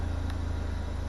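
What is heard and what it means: A small delete plug on a Focus RS is pushed into the connector on the exhaust valve's electric motor to keep dust out. It seats with a short, sharp click at 0.3 s over a steady low engine-like rumble, and the plug is confirmed connected.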